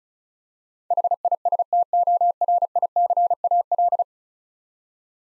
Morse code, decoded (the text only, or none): HISTORICAL